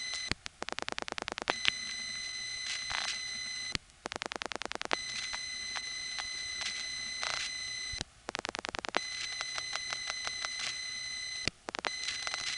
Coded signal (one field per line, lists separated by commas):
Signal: pulse dialling